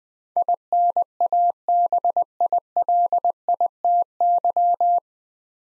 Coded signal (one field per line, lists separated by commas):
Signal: Morse code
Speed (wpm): 20 wpm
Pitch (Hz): 700 Hz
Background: none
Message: INABILITY